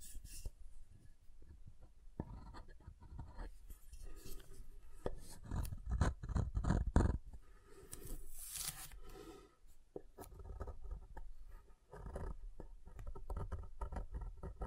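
Soap being tapped and carved, with dense runs of small scraping and tapping strokes throughout. The loudest, roughest carving comes around six to seven seconds, a brighter hissing scrape near eight to nine seconds, and short quieter pauses near ten and twelve seconds.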